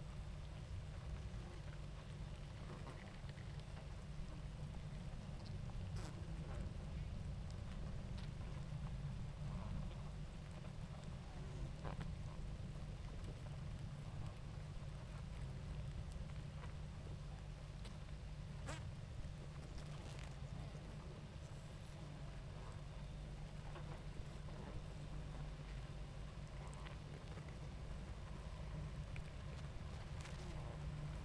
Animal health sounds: honeybee colony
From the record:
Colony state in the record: active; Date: 28 July 2017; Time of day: 19:07

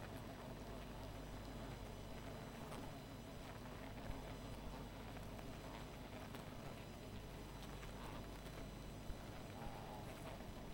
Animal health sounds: honeybee colony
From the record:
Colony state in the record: missing queen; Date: 14 July 2017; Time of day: 1:07

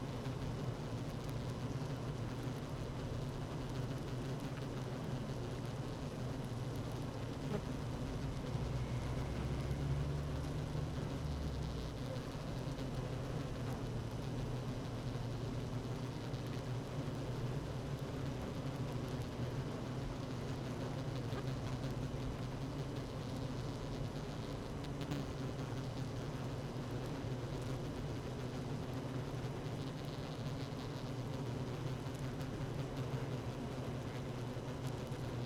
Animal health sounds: honeybee colony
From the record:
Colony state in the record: active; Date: 12 June 2018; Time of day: 16:19

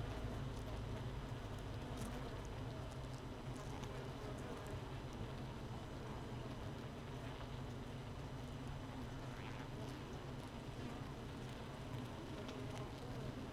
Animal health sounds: honeybee colony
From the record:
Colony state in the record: missing queen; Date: 31 May 2018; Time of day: 16:04

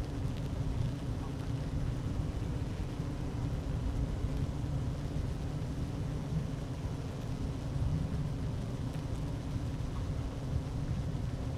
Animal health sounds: honeybee colony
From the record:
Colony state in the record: active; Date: 12 June 2018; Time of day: 11:58

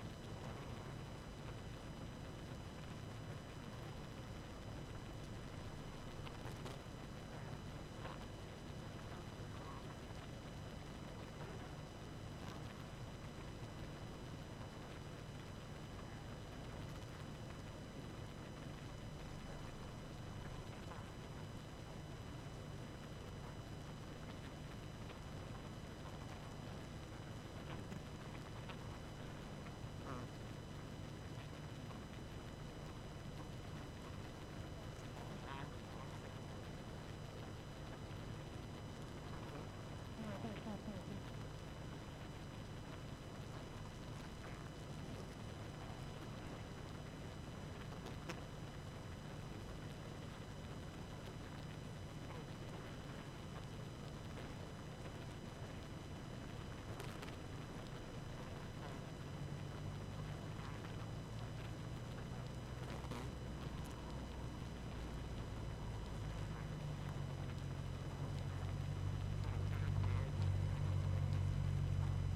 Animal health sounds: honeybee colony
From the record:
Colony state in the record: active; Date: 12 June 2018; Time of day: 22:48

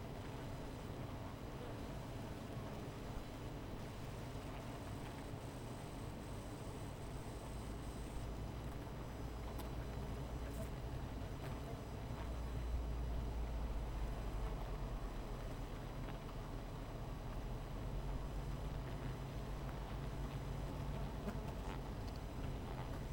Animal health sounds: honeybee colony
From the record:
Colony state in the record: missing queen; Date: 14 July 2017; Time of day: 16:35

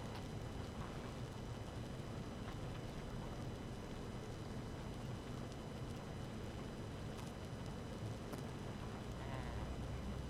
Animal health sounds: honeybee colony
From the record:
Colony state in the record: active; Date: 12 June 2018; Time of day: 5:06

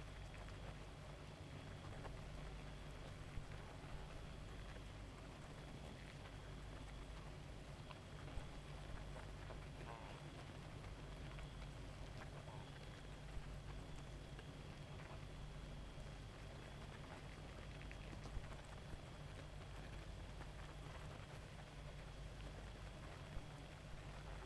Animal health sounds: honeybee colony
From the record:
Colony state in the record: active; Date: 28 July 2017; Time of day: 1:23

